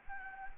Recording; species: mosquito wingbeat signal from an infrared sensor; Anopheles gambiae